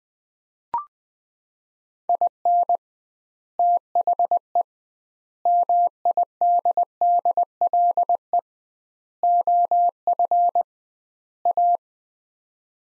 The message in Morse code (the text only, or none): IN THE MIDDLE OF A